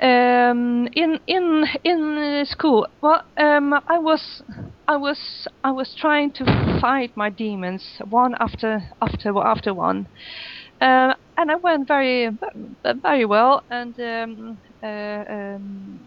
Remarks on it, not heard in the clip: A woman who stutters.